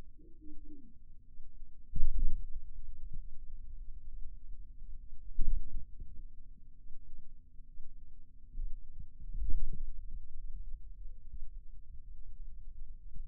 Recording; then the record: forearm muscle sounds (acoustic myography)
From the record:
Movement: radial deviation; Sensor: system 2, bracelet of six BSWA MPA416 microphones around the upper forearm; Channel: 5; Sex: male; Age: 22 years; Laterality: right